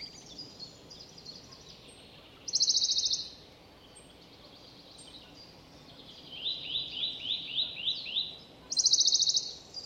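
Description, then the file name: Eurasian nuthatch with two loud, fast trills of sharp notes and, between them, a string of about eight descending piping whistles. "Sitta europaea"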